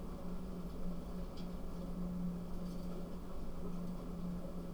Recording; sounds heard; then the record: poultry house recording; no chicken sound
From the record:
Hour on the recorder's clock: 0